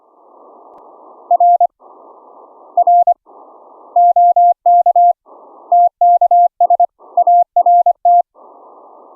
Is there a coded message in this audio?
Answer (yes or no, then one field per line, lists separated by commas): yes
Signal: Morse code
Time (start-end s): 1.3-8.2 s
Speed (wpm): 25 wpm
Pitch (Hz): 700 Hz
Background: none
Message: R R OK TKS ART